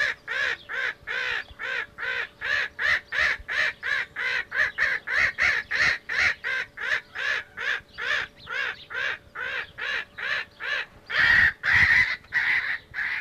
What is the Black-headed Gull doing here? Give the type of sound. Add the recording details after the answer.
call. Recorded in captivity. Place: Zoo Rotterdam, DE. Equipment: Halbspur, 9,5 cm/s. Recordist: Lütgens, Hans